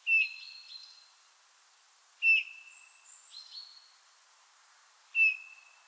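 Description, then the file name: Eurasian bullfinch with three soft piping whistles, interspersed with stuttering higher notes and a thin very high whistle. "Pyrrhula pyrrhula"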